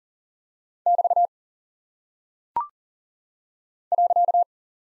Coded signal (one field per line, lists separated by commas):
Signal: Morse code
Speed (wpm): 39 wpm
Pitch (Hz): 700 Hz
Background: none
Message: <BT> .